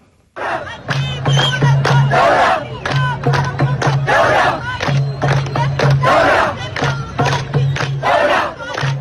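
A large protest crowd in Sudan chants the slogans 'Saura' (revolution) and 'Hurriya' (freedom) in loud, rhythmic unison, answering Ala Salah's singing and recited poems, with repeated shouted bursts over a steady low hum, the chant rising and falling in regular waves without pause.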